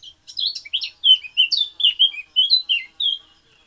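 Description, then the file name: Eurasian blackcap song: a brief scratchy burst, then a strong string of clear, mellow whistles in quick succession, fading at the finish. "Sylvia atricapilla"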